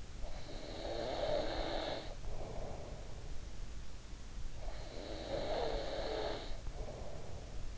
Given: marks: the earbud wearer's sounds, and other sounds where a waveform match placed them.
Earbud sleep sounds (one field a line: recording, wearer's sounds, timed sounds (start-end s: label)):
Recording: sounds in sleep by an in-ear microphone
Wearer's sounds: snoring breath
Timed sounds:
0.02-3.60 s: snoring breath
4.34-7.78 s: snoring breath